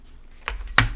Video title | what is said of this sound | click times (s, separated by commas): Workshop Wednesday ~ 8/21/24~ Scrapbooking Keeping It Simple - Changing up the Embellishments! | feel it click there it goes click in and these two little nodules should lining up | 0.8 s